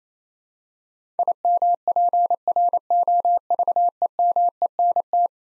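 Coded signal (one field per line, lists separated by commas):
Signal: Morse code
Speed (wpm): 27 wpm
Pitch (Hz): 700 Hz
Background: none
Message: IMPROVEMENT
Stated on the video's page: Morse head-copy practice of eleven-letter words at 28 wpm, each word sent, spoken, then sent again.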